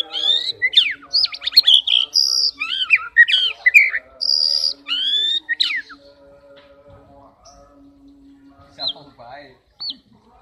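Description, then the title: Oriental magpie-robin song: rich varied whistles, rising slurs and chattering notes for about six seconds, then near silence with a faint hum and a few last whistled notes. "kacer"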